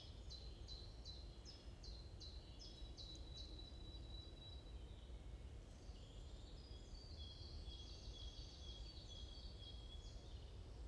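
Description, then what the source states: Birds chirping: a steady run of short high notes, then thinner overlapping chirps from other birds, over steady low rumbling background noise. Birds chirping in the morning in a forest at Bosvoorde, Watermaal-Bosvoorde, Brussels, Belgium; described as peaceful ('rust'); recorded with an AMBE VR microphone.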